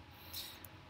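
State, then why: Seated. A RAM memory module is pushed straight down into a motherboard DIMM slot until its top clip locks. A faint hiss swells around 0.3–0.45 s, then a single short sharp click sounds at 0.7 s as the module seats and locks in place.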